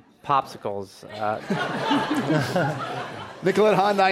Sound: laughter

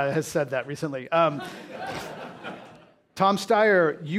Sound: laughter

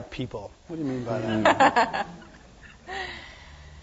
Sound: laughter

